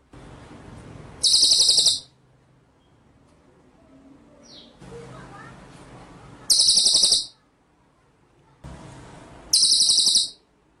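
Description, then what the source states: White-rumped shama song: three short bursts of very high, dense rattling trill, each under a second, separated by pauses filled with low hiss. Masteran (training) track for murai batu, in the full ngerol and nembak song styles.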